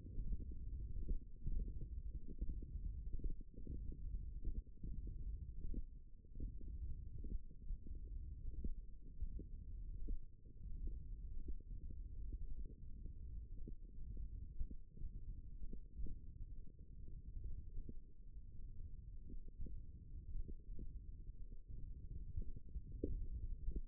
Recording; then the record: forearm muscle sounds (acoustic myography)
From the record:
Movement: tripod grip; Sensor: system 1, eight BSWA MPA416 microphones around the upper forearm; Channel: 4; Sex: female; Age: 22 years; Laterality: right